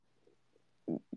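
Two faint gurgles, then a loud low burst and a shorter growl: ordinary stomach rumbling (borborygmi) from an adult woman's stomach.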